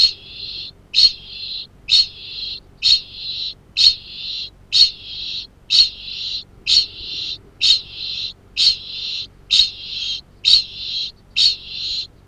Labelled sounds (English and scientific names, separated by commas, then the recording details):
Kākāpō (Strigops habroptilus) ching call
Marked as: faintness 1/5
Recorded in New Zealand
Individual Arab